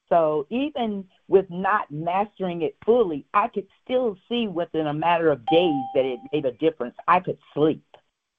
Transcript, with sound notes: So, even with not mastering it fully, I could still see within a matter of days (bell dings) that it made a difference. I could sleep.